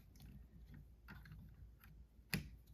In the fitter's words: And then all of this just locks in place very nicely.